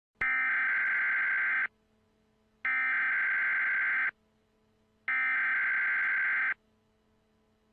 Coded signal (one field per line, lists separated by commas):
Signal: Emergency Alert System (SAME) tones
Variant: header bursts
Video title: EAS- ALIEN INVASION IMMANENT—————————————————————YOU CANT STOP US